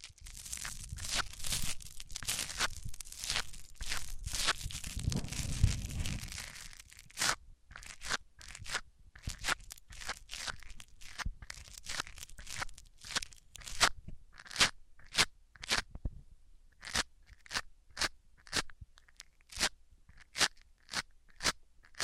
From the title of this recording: Rubbing Mics On Different Surfaces